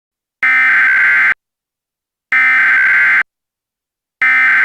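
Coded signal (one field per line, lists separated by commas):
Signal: Emergency Alert System (SAME) tones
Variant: header bursts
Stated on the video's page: Fictional scenario containing valid alert tones.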